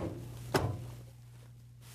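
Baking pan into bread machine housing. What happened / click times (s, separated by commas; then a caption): The pan is handled but not yet clearly seated / none. A metal baking pan is handled as it is put back into the housing of a Zojirushi BB-PAC20 bread machine, to be pushed down on both sides until it clicks and seats. A single short thunk is heard at about 0.6 s over a steady low hum, then it fades to quiet. The pan has not clicked or seated yet.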